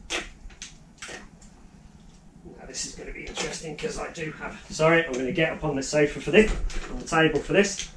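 Someone talks while handling the folded stem of a Dualtron Mini electric scooter, with a few brief knocks and handling noises near the start. The metal folding latch has not seated or clicked into place yet.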